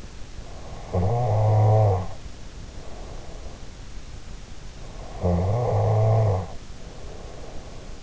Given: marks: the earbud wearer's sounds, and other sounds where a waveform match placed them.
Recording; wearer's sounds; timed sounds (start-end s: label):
sounds in sleep by an in-ear microphone; snoring breath
0.83-3.97 s: snoring breath
5.10-8.03 s: snoring breath